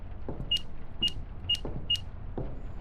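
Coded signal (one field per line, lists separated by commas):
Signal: none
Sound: game's alert beeps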